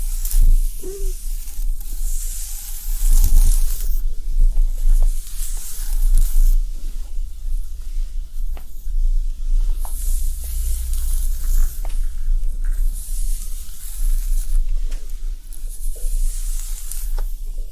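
Hair play and brushing make steady bright hissing strokes that swell and fade every few seconds over a low constant rumble, with occasional soft taps.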